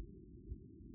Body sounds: neck accelerometer signal played as sound; no cough (speech, laughter, throat clearing or background)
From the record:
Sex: male

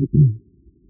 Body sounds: neck accelerometer signal played as sound; no cough (speech, laughter, throat clearing or background)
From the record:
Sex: female

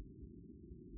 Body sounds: neck accelerometer signal played as sound; no cough (speech, laughter, throat clearing or background)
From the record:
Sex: female

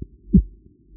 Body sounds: neck accelerometer signal played as sound; voluntary cough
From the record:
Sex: female

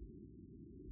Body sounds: neck accelerometer signal played as sound; no cough (speech, laughter, throat clearing or background)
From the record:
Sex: female

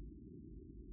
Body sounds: neck accelerometer signal played as sound; no cough (speech, laughter, throat clearing or background)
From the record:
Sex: male

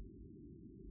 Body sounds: neck accelerometer signal played as sound; no cough (speech, laughter, throat clearing or background)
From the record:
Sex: female

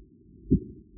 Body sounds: neck accelerometer signal played as sound; voluntary cough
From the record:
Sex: male

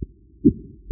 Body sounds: neck accelerometer signal played as sound; voluntary cough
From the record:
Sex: male

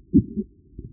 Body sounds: neck accelerometer signal played as sound; voluntary cough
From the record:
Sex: male

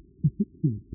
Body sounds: neck accelerometer signal played as sound; voluntary cough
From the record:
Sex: male

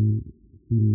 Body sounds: neck accelerometer signal played as sound; no cough (speech, laughter, throat clearing or background)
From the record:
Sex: male

